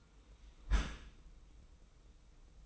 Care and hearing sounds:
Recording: daily activity, microphone in the room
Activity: close dishwasher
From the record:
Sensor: 1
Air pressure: 990.5 hPa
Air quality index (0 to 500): 178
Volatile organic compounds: 1000 ppm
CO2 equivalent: 6551 ppm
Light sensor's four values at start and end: 26/60/25/28 and 26/60/26/28

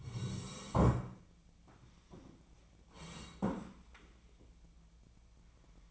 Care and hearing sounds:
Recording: daily activity, microphone in the room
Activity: sit down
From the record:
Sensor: 1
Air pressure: 1012.3 hPa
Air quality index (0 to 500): 174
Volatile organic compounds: 3 ppm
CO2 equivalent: 1428 ppm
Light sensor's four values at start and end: 45/121/49/61 and 44/120/49/60

